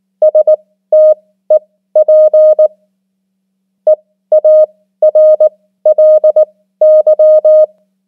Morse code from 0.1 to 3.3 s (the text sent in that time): STEP